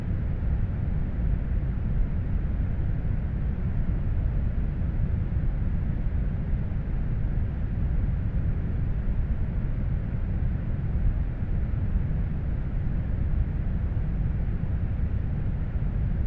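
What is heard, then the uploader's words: Steady brown noise holds a deep, even rumble throughout, heaviest in the lows and fading out above the midrange, with no changes or events. Brown Noise Ambient Sound for Sleep - Consistent and Relaxing Brown Noise.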